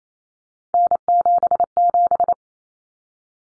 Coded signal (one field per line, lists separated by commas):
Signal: Morse code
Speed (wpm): 28 wpm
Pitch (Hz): 700 Hz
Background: none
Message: N77